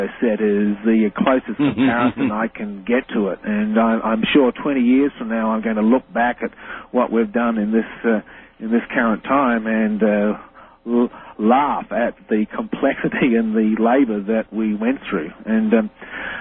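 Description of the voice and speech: A man speaks fluently in a steady, low-pitched voice at a relaxed conversational pace, with only brief natural pauses. The sound is narrow and radio-like. Articulation and voice quality are ordinary, with no sign of a speech disorder.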